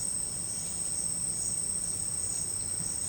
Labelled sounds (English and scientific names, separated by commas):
none